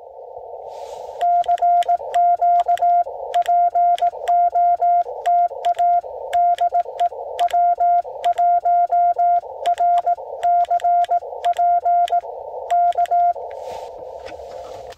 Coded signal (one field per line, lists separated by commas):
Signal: Morse code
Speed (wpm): 18 wpm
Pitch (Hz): 700 Hz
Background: none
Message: CQ POTA DE W1RCP K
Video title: Quick QRP CW Parks on the Air with @ae4xo and KQ4GEC Shenanigans